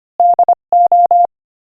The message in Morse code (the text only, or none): DO